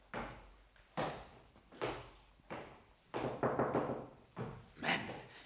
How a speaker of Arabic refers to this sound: من الذي يطرق علي الباب الآن؟ من الذي يطرق علي الباب؟